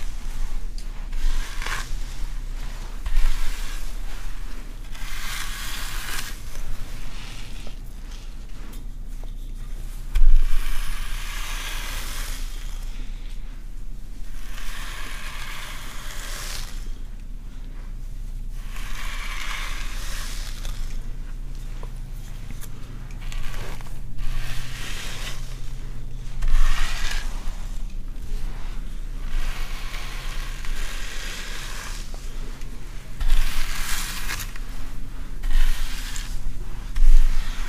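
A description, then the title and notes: Oil is worked into a scalp, making soft, wet squishing and rubbing strokes that rise and fall in irregular bursts every few seconds. A low, steady hum sits underneath throughout, with a few faint clicks along the way. ASMR Dandruff Removal & Scalp Check Scalp Plucking, Oiling, Treatment, Massage. Scalp oiling with oil based treatment.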